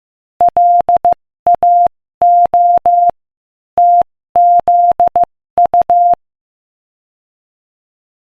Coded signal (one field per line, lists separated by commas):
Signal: Morse code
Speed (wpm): 15 wpm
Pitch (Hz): 700 Hz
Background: none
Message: LAO TZU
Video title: Morse Code Practice: 15 wpm Inspirational Quote 1